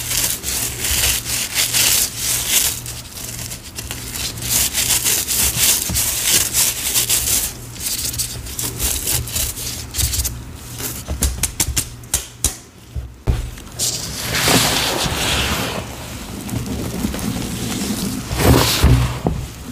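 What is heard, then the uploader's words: Green cornstarch and gym chalk powder are sifted and worked by hand, giving a dense, hissing scrape with quick rubbing strokes and soft crunches. Around the thirteen-second mark comes a flurry of sharp ticks. Afterward it turns to a smoother, wetter stirring. Sifting, Mixing, Reforming Green Cornstarch & Gym Chalk Powders. Sifting asmr, powder play, pouring water, mixing paste, reforming cornstarch and dyed gym chalk powder.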